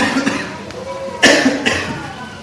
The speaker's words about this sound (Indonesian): Saya mohon maaf Ibu, ini masih batuk. Jadi saya bicara ini sambil nahan batuk.